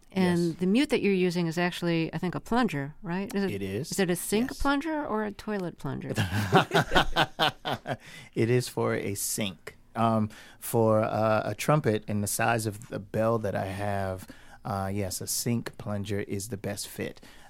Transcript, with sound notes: the mute that you're using is actually I think a plunger, right? Is it...
It is, yes.
Is it a sink plunger or a toilet plunger?
(LAUGHTER)
It is for a sink. For a trumpet and the size of the bell that I have, yes, a sink plunger is the best fit.